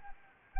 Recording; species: mosquito wingbeat signal from an infrared sensor; Anopheles gambiae